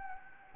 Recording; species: mosquito wingbeat signal from an infrared sensor; Anopheles gambiae